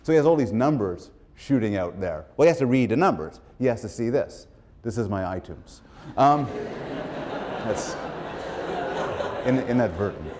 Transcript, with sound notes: So, he has all these numbers shooting out there. Well, he has to read the numbers. He has to see this. This is my iTunes. [laughter] That's inadvertent.